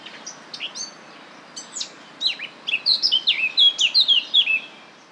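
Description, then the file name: Eurasian blackcap song: a few scattered scratchy notes, then a quickening warble ending in a loud run of clear, falling fluty whistles. "Sylvia atricapilla"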